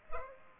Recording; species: mosquito wingbeat signal from an infrared sensor; Culex pipiens